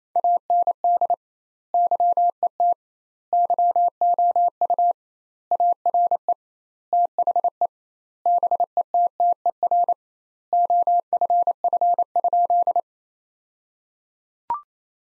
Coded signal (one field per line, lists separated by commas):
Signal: Morse code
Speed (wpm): 28 wpm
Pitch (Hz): 700 Hz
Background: none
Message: AND YET YOU ARE THE BETTER OFF?